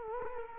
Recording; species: mosquito wingbeat signal from an infrared sensor; Culex quinquefasciatus